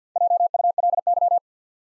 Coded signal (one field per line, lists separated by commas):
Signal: Morse code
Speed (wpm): 48 wpm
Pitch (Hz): 700 Hz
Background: none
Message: JULY